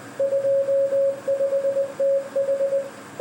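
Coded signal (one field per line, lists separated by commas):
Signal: Morse code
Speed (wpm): 19 wpm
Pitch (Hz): 550 Hz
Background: none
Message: 25TH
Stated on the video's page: Morse youth outreach presentation; the ending high-speed message was sent inaccurately and ended in gibberish.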